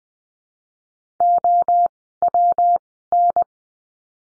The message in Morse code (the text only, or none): OWN